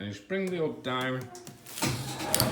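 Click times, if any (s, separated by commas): 2.3 s, 2.4 s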